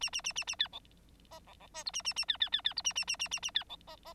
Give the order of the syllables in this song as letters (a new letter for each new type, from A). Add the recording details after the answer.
A A A A A B C D C C E F A A A B B B B F A A A A A A B C D D. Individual Bird9